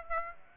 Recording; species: mosquito wingbeat signal from an infrared sensor; Aedes aegypti